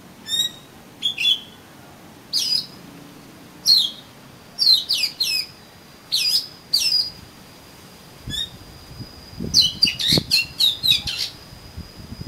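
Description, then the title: Oriental magpie-robin song: bursts of high, sharp whistled and chattering notes in short phrases every second or two, with a thin steady high tone for part of it. "Kacer Kacer"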